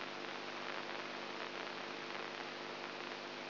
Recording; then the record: brain microelectrode recording played as sound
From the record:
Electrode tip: inside the subthalamic nucleus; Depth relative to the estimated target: -1 mm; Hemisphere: right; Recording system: AlphaMap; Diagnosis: Parkinson's disease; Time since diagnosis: 20 years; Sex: female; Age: 64 years